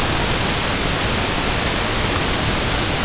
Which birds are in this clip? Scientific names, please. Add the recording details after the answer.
none. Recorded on Arctic tundra, site UTQI-5, on 21 June 2018. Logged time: 06:00